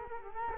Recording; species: mosquito wingbeat signal from an infrared sensor; Culex quinquefasciatus